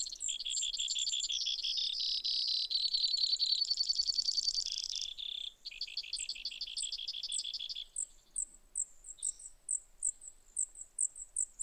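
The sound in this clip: Brewer's sparrow singing a long chain of buzzy trills that shift speed and pitch, then a string of high, thin notes repeated steadily.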